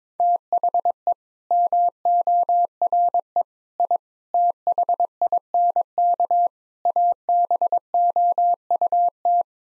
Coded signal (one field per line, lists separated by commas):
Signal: Morse code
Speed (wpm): 22 wpm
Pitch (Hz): 700 Hz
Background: none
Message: THE MORE I THINK ABOUT